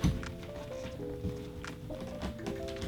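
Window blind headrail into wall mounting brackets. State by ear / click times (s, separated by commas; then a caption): not seated / none. A window blind headrail is handled and hooked in at the ends to be pushed up into its wall mounting brackets, with music playing throughout and brief taps at about 0.2, 1.7 and 2.5 seconds. The headrail has not seated or clicked into the brackets yet.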